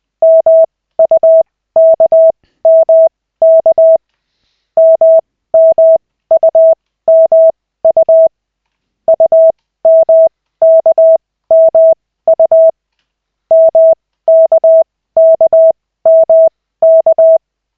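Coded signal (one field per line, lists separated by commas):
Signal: Morse code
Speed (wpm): 20 wpm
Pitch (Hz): 650 Hz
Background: none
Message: MUKMK MMUMU UMKMU MKKMK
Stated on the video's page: Koch-method Morse practice, lesson 2 of 40, in 5-minute sessions generated by the LCWO.net website.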